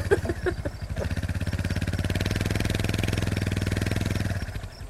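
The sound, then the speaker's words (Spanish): An old motorcycle engine idles with a rough, rapid low-pitched chugging, sputtering unevenly at first before settling into a steady loud putter that fades slightly at the end. “Es una moto como del tiempo de Cristóbal Colón.”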